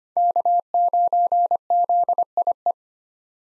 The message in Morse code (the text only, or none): K9ZIE